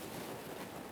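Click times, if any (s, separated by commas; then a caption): none. A plastic wiring harness connector is lined up and pressed toward the newly installed input speed sensor on the transmission of a 2007-2013 Acura MDX. Only a steady, even broadband hiss is heard, with no sharp hits. The connector has not clicked or seated yet.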